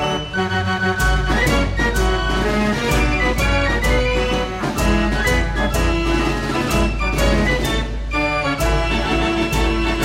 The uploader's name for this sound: Fair Organ